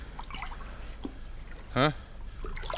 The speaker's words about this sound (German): Sie tranken und tranken, so viel sie nur konnten. Ihr ausgetrockneter Körper saugte sich voll mit Wasser.